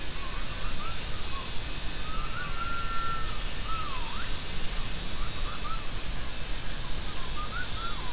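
Gibbon calls as faint rising and falling whistled notes, including one longer sweeping phrase, under steady loud hiss and low rumble.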